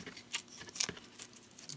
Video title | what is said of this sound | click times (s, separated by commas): Anomaly Drones Dragon - Part 2: Build (2 of 2) | see it's pretty snug and you can hear it click in with that velcro | 0.8 s